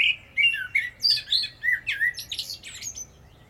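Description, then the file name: Common blackbird singing one continuous phrase of varied fluty whistles, ending in high squeaky twitters. "Turdus merula"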